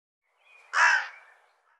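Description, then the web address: A bird gives one short, harsh, hoarse call, loud and grating, with faint softer sound just before and after it in otherwise quiet surroundings. "cianscape birddata Deverinetal"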